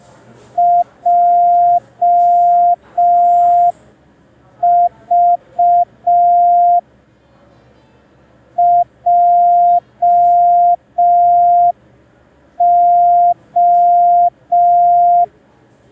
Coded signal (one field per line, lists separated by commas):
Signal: Morse code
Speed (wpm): 5 wpm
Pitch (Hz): 700 Hz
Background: none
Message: JV JO